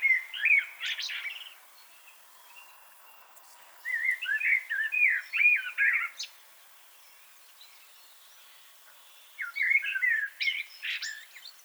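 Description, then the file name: Common blackbird giving three separate warbled song phrases, each a run of fluty, slurred notes with higher twittering, spaced by pauses of a few seconds. "Turdus merula"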